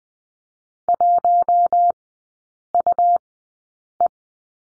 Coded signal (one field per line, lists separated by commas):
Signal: Morse code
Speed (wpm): 20 wpm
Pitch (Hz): 700 Hz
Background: none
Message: 1UE